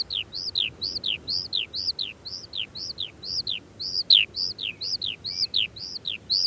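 Eurasian skylark song of rapid, regularly repeated downslurred whistles, with one sharper higher note midway.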